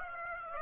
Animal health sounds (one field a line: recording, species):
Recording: mosquito wingbeat signal from an infrared sensor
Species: Aedes aegypti